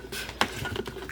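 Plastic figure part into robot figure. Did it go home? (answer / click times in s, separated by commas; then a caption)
yes / 0.4 s. A plastic part of a Hasbro Power Rangers Dino Megazord combined robot figure is worked into position. It snaps into place with a sharp, bright click at 0.4 s, followed by faint plastic handling noises, and the part is seated.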